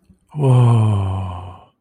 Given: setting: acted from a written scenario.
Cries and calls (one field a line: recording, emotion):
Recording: vocal sound without words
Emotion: awe